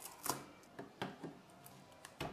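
A tool-less accessory part is handled against a new 3D printer's frame during setup, to be fitted without screws. Short, sharp plastic-like taps and knocks sound in a quiet space, the loudest at about 0.3 s, with others near 0.8, 1.0, 1.2, 1.7, 2.0 and 2.2 s. The part has not locked into place yet, and nothing has seated or clicked.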